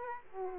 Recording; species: mosquito wingbeat signal from an infrared sensor; Aedes aegypti